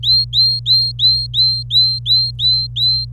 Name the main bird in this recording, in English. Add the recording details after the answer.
Domestic Canary. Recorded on 26 April 2018 at 12:10. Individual llb3